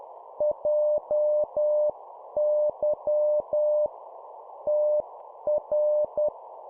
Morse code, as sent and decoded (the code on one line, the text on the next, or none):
.--- -.-- / - .-.
JY TR